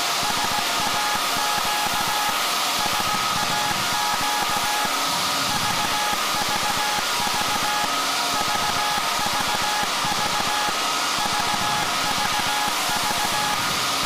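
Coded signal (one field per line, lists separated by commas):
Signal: Morse code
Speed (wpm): 17 wpm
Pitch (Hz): 840 Hz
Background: music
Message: SAQ SAQ VVV VVV VVV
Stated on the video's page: Historical SAQ Grimeton transmission from the 1924 Alexanderson alternator, live on Alexanderson Day.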